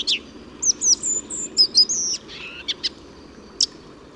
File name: Singdrossel Gesang